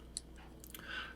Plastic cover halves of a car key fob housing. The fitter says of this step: and then we're going to just align the two plastic covers here we're going to align those really nicely and then we're going to press them until they click into position